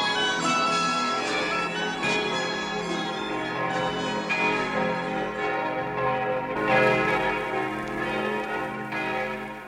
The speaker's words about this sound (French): Il y a exactement 475 ans, les Parisiens s'éveillèrent au bruit de toutes les cloches, sonnant à grande volée dans la triple enceinte de la cité, de l'université et de la ville.